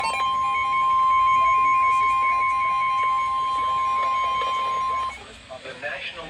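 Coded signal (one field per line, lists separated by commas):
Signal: Emergency Alert System (SAME) tones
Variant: 1050 Hz attention tone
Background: speech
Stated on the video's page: Real Severe Thunderstorm Warning from a severe weather event.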